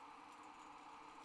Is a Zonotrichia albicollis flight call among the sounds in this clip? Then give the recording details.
no. No flight call is heard. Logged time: 06:46 on 30 November 2014